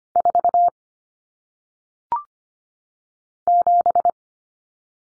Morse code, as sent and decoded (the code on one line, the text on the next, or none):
....- / --...
4 7